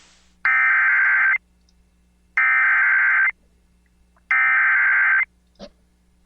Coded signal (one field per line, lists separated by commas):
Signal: Emergency Alert System (SAME) tones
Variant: header bursts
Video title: CALM BEFORE THE STORM... | EAS Alerts from June 9, 2020 (EAS #413-418)